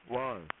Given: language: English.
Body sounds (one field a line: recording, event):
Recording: throat vibration sensor signal played as sound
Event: speech